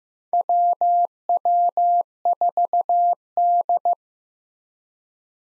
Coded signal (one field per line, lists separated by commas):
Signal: Morse code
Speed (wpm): 16 wpm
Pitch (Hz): 700 Hz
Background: none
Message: WW4D